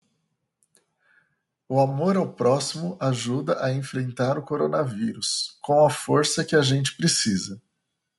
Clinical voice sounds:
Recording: spoken sentence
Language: Brazilian Portuguese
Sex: male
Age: 30 to 39 years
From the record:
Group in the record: control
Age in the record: 39 years

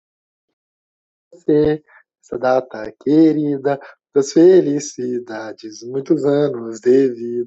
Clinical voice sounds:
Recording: short text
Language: Brazilian Portuguese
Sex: male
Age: 20 to 29 years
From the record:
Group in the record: control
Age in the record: 29 years

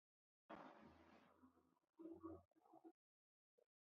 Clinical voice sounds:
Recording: short text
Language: Brazilian Portuguese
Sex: female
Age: 60 to 69 years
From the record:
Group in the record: control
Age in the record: 67 years

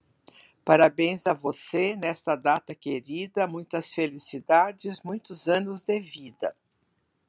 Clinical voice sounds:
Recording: short text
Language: Brazilian Portuguese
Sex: female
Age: 70 to 79 years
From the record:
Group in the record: control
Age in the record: 73 years

